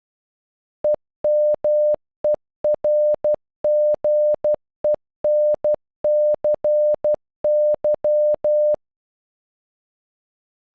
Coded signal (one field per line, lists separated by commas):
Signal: Morse code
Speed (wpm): 12 wpm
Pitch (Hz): 600 Hz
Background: none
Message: EMERGENCY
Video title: Emergency in Morse code